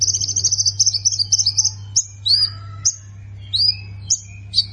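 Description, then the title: Plain prinia opening with a buzzy, stuttering trill, followed by spaced sharp high notes, over a steady low hum. "Ciblek Sawah"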